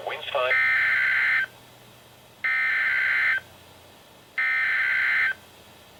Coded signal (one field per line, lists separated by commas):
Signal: Emergency Alert System (SAME) tones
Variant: header bursts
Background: speech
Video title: EAS #13-#14: More Flood Warnings! | KHB36